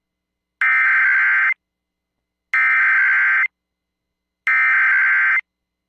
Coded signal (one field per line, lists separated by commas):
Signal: Emergency Alert System (SAME) tones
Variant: header bursts